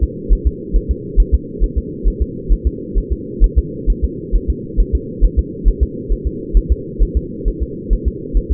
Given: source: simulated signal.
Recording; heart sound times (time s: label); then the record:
fetal heart sounds
0.03 s: S2
0.33 s: S1
0.47 s: S2
0.76 s: S1
0.91 s: S2
1.20 s: S1
1.34 s: S2
1.64 s: S1
1.78 s: S2
2.08 s: S1
2.22 s: S2
2.53 s: S1
2.67 s: S2
2.98 s: S1
3.12 s: S2
3.44 s: S1
3.58 s: S2
3.90 s: S1
4.04 s: S2
4.35 s: S1
4.50 s: S2
4.80 s: S1
4.95 s: S2
5.25 s: S1
5.39 s: S2
5.68 s: S1
5.83 s: S2
6.12 s: S1
6.27 s: S2
6.57 s: S1
6.72 s: S2
7.03 s: S1
7.17 s: S2
7.48 s: S1
7.63 s: S2
7.93 s: S1
8.08 s: S2
8.37 s: S1
8.52 s: S2
From the record:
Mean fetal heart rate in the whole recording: 135 bpm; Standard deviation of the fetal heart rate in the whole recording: 3 bpm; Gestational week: 36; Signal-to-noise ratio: -4.1 dB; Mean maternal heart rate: no maternal heart sound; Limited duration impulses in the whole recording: absent